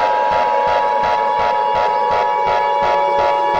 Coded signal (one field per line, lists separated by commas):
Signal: Emergency Alert System (SAME) tones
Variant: 853 and 960 Hz attention tone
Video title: EAS Scenario #17 - Illinois Nuclear Disaster